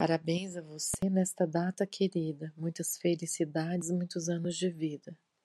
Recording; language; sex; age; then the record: short text; Brazilian Portuguese; female; 40 to 49 years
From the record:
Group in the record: control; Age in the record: 48 years